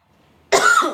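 A single abrupt, harsh cough burst in an adult woman after half a second of near silence. She coughs all the time, and the cough is not from COVID.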